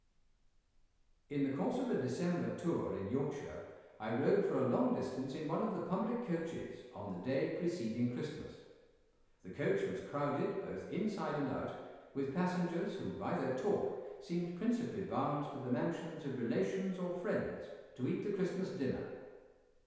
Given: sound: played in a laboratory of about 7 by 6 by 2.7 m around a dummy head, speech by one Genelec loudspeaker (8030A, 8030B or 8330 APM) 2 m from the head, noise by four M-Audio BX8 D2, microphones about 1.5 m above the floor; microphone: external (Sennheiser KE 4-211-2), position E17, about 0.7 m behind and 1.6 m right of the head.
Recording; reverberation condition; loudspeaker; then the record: male speech in English; high; 60 degrees to the right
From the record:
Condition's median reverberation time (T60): about 1300 ms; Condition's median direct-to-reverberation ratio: about -4.0 dB